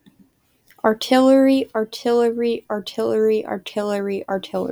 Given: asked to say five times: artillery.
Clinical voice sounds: repeated word; female; 18 to 19 years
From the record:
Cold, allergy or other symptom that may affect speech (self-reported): no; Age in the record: 19 years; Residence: Iowa, United States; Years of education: 14

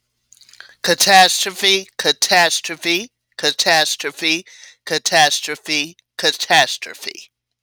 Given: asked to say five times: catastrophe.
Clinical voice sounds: repeated word; female; 50 to 59 years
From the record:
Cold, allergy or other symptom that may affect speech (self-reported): no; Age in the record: 54 years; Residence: Georgia, United States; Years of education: 12

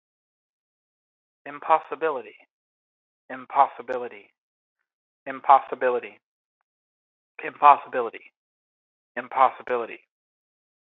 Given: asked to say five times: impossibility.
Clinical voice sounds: repeated word; male; 30 to 39 years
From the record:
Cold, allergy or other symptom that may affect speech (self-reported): no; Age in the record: 31 years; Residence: Massachusetts, United States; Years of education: 14

